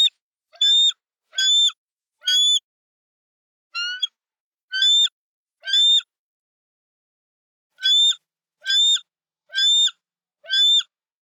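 Bald eagle chirping calls, short harsh high squeaky bursts repeated about once a second in irregular groups, with brief silent gaps.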